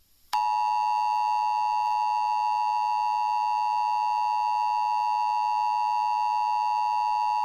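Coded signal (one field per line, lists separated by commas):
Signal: Emergency Alert System (SAME) tones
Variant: 853 and 960 Hz attention tone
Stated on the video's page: Simulated EAS hurricane scenario.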